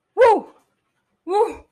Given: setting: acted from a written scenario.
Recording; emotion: vocal sound without words; ecstasy